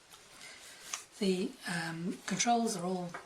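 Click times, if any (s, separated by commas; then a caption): 0.9 s. After the side button on the Bluetooth shooting grip for a Sony ZV-1 camera is pressed and the grip head is adjusted, the head firmly clicks into place in an angle detent at 0.9 s. Someone then talks.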